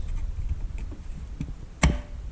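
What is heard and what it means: A replacement headlight bulb on a 2009 Mitsubishi Galant is pushed and twisted into the plastic car headlight housing. Two faint ticks come at about 0.8 and 1.4 seconds, then a sharp, loud click at 1.8 seconds as the bulb locks into place, secure.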